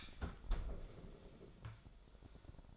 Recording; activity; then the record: daily activity, microphone in the room; close fridge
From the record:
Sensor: 5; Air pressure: 1007.9 hPa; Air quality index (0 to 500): 90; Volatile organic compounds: 1 ppm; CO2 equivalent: 710 ppm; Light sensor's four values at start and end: 44/102/43/45 and 43/98/41/44